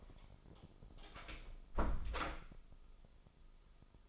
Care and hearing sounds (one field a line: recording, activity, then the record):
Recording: daily activity, microphone in the room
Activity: close door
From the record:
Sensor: 5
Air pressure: 996.2 hPa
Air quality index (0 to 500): 48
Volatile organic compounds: 1 ppm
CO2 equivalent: 766 ppm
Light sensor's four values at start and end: 42/98/41/43 and 42/98/41/43